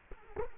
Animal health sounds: mosquito wingbeat signal from an infrared sensor; Culex quinquefasciatus

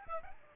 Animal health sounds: mosquito wingbeat signal from an infrared sensor; Aedes albopictus

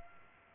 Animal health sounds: mosquito wingbeat signal from an infrared sensor; Culex pipiens

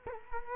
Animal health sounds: mosquito wingbeat signal from an infrared sensor; Culex quinquefasciatus

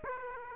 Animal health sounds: mosquito wingbeat signal from an infrared sensor; Aedes aegypti

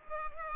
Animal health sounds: mosquito wingbeat signal from an infrared sensor; Culex pipiens

